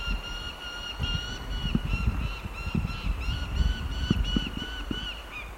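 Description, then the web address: Lanner falcon calling in a long, steady series of harsh, nasal, evenly repeated notes, with low thumping and rumbling noise underneath. "sound Lanner-falcon. صدای-پرنده-لاچين"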